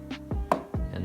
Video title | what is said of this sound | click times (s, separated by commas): How To Fix Sticky Keys on Kawai MP11, MP11SE, CS10, CS7, CP1, CP2, CA97, CA67, CS8, CS11, CA78, CA98 | pops right in | 0.5 s